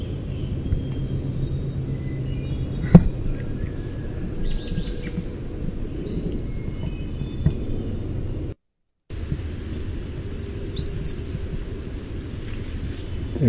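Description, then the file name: Brown creeper song: two thin, very high, wavering phrases, the first near six and a half seconds and the second near ten and a half, over steady low rumbling background noise. "BRCR song"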